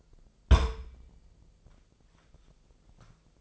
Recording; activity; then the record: daily activity, microphone in the room; place on stove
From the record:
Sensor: 5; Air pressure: 995.5 hPa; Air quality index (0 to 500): 96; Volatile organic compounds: 5 ppm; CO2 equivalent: 1816 ppm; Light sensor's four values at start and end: 33/80/33/34 and 35/84/34/35